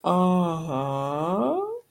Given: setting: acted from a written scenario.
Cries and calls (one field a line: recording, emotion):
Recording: vocal sound without words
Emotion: realization